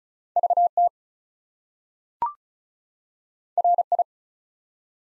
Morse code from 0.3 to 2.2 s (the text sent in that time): VT